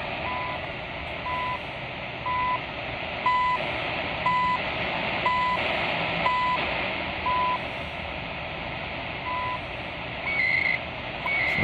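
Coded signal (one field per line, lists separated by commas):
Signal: radio time signal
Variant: CHU Canada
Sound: short 1 kHz tone ticks once per second over static, one skipped, then brief data warble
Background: radio static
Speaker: so 3330 is off but I did hear 78.50 we are hearing right now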